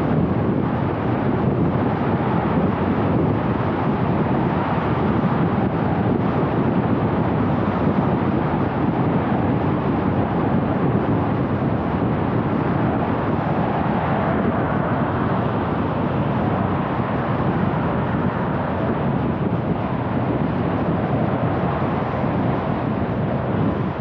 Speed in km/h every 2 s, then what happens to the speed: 79, 78, 77, 76, 74, 70, 66, 61, 59, 58, 55, 47.
0-24 slows to 47.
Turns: none.